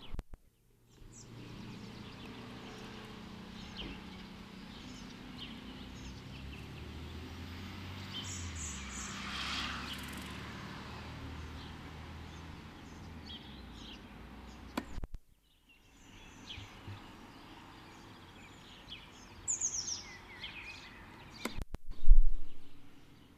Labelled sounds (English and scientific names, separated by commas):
Common Blackbird (Turdus merula) call